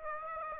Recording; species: mosquito wingbeat signal from an infrared sensor; Aedes aegypti